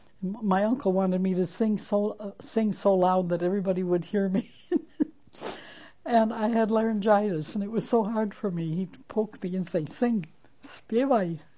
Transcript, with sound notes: My uncle wanted me to sing so loud that everybody would hear me. (She laughs.) And I had laryngitis, and it was so hard for me. He'd poke me and say sing, "Spievat."